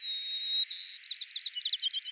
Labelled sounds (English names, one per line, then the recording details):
White-crowned Sparrow song
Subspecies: nuttalli
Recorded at Salinas River, California, in 2014
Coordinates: 36.776, -121.795
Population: admixed
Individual SALI_maleF